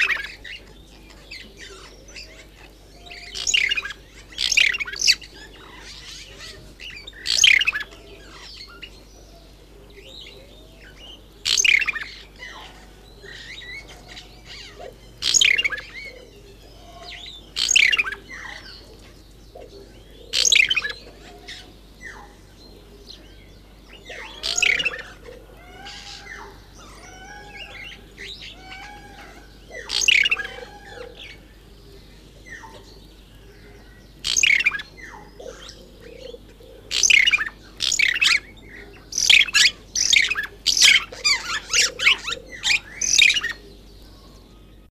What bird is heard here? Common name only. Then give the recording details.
Grey-backed Fiscal. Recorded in captivity. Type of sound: call. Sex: pair. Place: Vogelpark Walsrode, Niedersachsen, DE. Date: 1986-03-17. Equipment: Halbspur, 9,5 cm/s. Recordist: Lütgens, Hans. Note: ein Paar